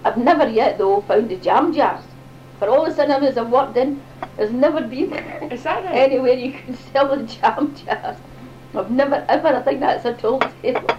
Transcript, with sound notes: I've never yet though found the jam jars, for all the cinemas I've worked in! Never been [laughs] anywhere you could sell the jam jars! Never, ever! I think that's a tall tale.